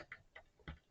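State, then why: Not seated. A plastic CPU cooler push pin is handled and forced at a motherboard mounting hole, making three sharp plastic ticks at about 0.1, 0.4 and 0.7 seconds. Nothing has seated or clicked in yet.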